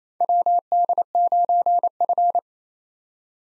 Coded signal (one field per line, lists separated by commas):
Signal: Morse code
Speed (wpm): 29 wpm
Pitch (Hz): 700 Hz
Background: none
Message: WD9F